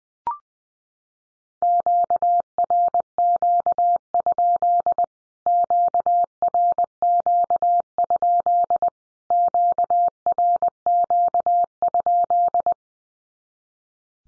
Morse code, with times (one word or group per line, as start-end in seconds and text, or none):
1.6-5.0 QRQ?
5.5-8.9 QRQ?
9.3-12.7 QRQ?